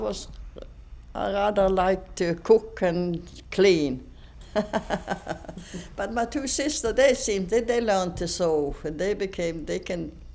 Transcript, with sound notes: I was, I rather liked to cook and clean. (she laughs) But my two sister, they seemed, they learned to sew, when they became, they can